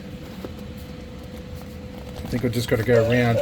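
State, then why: Not seated. A plastic BB8 body section is held and rotated to find the correct orientation before being pushed home on an RC robot toy. Quiet handling noises play over a steady low hum, with a brief tap at about 0.5 s, and someone talks near the end. Nothing has seated or clicked yet.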